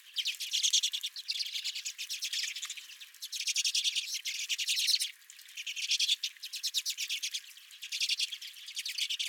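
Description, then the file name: Redpolls chattering in dense, rapid bursts of high, dry, buzzy notes, with several calls overlapping and brief pauses between bursts. Redpolls calling at the recordist's feeder. "Redpolls at My Feeder"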